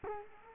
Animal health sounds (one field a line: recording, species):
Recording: mosquito wingbeat signal from an infrared sensor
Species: Culex quinquefasciatus